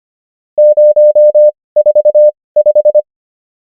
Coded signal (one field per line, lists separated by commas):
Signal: Morse code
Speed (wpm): 25 wpm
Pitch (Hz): 600 Hz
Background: none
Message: 045